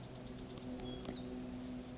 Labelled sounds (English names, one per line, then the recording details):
Oak Titmouse
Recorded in Sonoma County, California